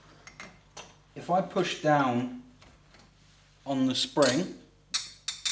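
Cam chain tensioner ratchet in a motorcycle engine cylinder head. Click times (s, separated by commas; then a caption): 5.3 s. Someone talks while pressing down by hand on the spring-loaded cam chain tensioner in the rear cylinder head of a Suzuki Intruder VS1400 motorcycle engine. On release, the metal ratchet mechanism is pushed back up by spring force and clicks into place with a sharp click at 5.3 s, showing the tensioner has seated.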